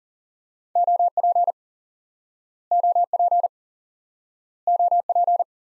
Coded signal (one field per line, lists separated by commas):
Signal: Morse code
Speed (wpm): 40 wpm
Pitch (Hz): 700 Hz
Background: none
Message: OP OP OP